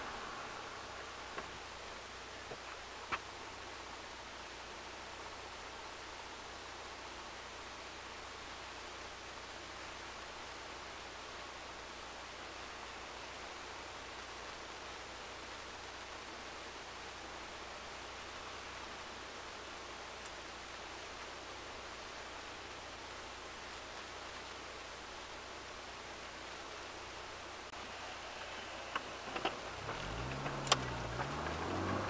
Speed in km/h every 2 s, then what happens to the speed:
0, 0, 0, 0, 0, 0, 0, 0, 0, 0, 0, 0, 0, 0, 0, 20.
0-29 standing. 29-32 pulls away to 20.